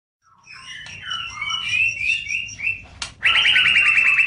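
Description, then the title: Oriental magpie-robin song: varied sweet whistled phrases, then a loud run of rapid buzzy, rattling notes in the final second. "Kicau Kacer"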